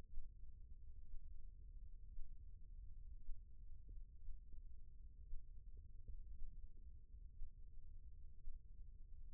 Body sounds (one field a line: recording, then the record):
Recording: forearm muscle sounds (acoustic myography)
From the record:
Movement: rest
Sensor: system 1, eight BSWA MPA416 microphones around the upper forearm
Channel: 6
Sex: male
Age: 21 years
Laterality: right